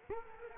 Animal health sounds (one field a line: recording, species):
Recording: mosquito wingbeat signal from an infrared sensor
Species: Culex quinquefasciatus